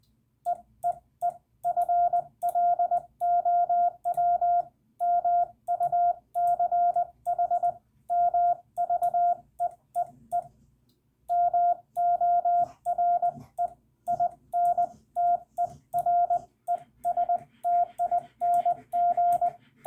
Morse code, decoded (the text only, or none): EEE FLOW MUCH MV EEE MORE INTERESTING